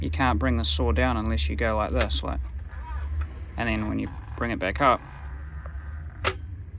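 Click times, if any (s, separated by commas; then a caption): 6.3 s. Someone talks while the arm of a Skil MS6305-00 sliding mitre saw is brought back up into its up-position lock. A sharp metal catch is heard at 6.3 s as the head lock catches, and the saw head is locked in the raised position.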